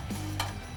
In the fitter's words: edge guide is included which slides in here locks in place for assisted straight-line cutting